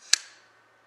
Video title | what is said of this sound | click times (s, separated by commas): Modifying the Kriss Vector folding stock adapter for quick deployment. | right into locked look at that okay | 0.1 s